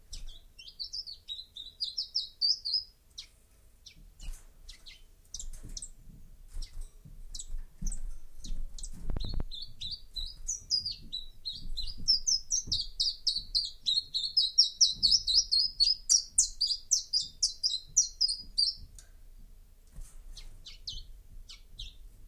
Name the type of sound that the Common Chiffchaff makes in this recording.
song